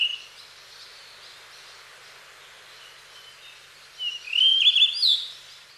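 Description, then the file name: Blue rock thrush delivering one rich, warbled whistled phrase in the last two seconds after a mostly quiet start with a faint brief note and steady hiss. Hyogo, Japan. "isohiyodori 0606 hyogo kaji"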